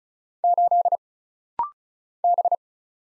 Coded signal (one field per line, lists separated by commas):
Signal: Morse code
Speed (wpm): 36 wpm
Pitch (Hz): 700 Hz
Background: none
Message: 8 B